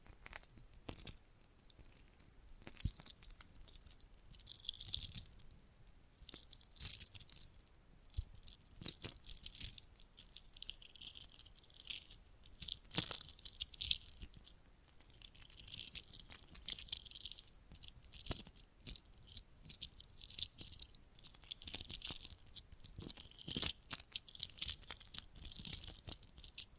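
Bracelets and jewelry boxes are handled in a steady run of small, bright clicks, clinks and rustles that continue without a break. Sharper taps stand out every few seconds, and a faint low thumping and scraping sits beneath the crisp top.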